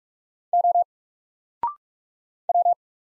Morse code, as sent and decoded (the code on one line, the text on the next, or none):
--- / .--
O W